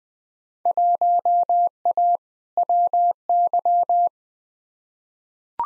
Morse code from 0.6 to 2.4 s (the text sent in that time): 1A